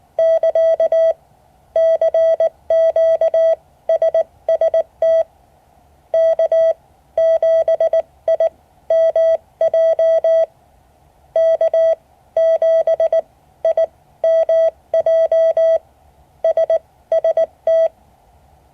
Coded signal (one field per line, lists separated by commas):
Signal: Morse code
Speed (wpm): 19 wpm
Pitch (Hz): 650 Hz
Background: none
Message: <KA> CQ SST K7IMJ K7IMJ SST